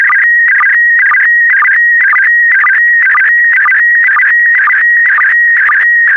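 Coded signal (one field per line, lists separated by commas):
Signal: SSTV (slow-scan television)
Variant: PD120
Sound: warbling, stepping tones around 2 kHz, repeating twice per second with brief low blips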